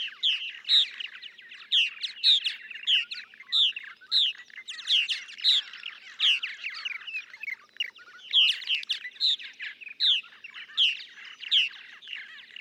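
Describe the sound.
Purple martin song: continuous throaty gurgles and chattering chirps, rising and falling in loudness over the whole stretch.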